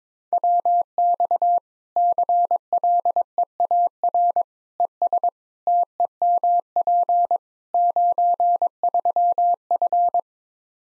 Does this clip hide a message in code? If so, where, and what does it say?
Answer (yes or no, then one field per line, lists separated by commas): yes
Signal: Morse code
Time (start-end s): 0.3-10.2 s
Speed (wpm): 22 wpm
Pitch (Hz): 700 Hz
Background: none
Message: WX CLEAR ES TEMP 93F